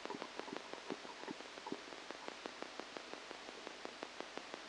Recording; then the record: brain microelectrode recording played as sound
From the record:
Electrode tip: outside the subthalamic nucleus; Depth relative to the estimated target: -10 mm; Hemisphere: left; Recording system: NeuroSet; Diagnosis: Parkinson's disease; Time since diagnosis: 8 years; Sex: male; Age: 37 years